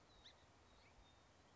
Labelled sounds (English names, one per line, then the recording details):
Song Sparrow
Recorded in Sonoma County, California